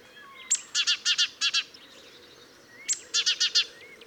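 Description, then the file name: Great tit calls in two bouts separated by a pause, each a sharp high note followed by several buzzy, chattering notes. "Parus major"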